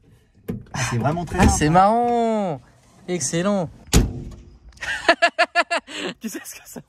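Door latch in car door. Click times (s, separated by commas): 0.5 s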